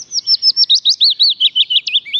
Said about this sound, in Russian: А сейчас пеночку-весничку.